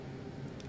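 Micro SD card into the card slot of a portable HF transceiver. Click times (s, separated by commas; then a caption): 0.6 s. A micro SD card is pushed again into the card slot of a Xiegu X6100 portable HF transceiver for the base firmware upgrade. Against a steady low hum, a short, sharp click rings out at 0.6 s as the card seats with a positive click.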